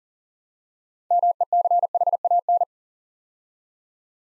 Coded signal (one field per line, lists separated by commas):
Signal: Morse code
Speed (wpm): 40 wpm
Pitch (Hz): 700 Hz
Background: none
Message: MECHAN